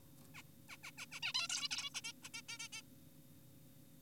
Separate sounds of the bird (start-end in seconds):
0.35-0.42, 0.69-0.77, 0.84-0.91, 0.98-1.06, 1.12-1.20, 1.23-1.33, 1.35-1.48, 1.50-1.68, 1.71-1.90, 1.95-2.01, 2.04-2.12, 2.24-2.29, 2.34-2.42, 2.49-2.58, 2.60-2.68, 2.73-2.82